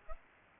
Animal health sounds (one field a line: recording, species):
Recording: mosquito wingbeat signal from an infrared sensor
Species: Culex pipiens